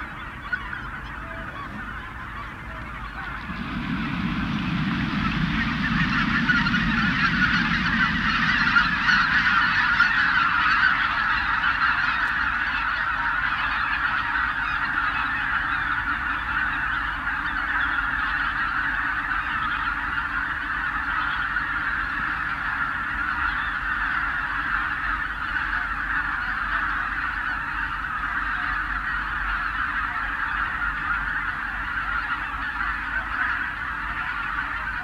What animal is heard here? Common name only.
Greater White-fronted Goose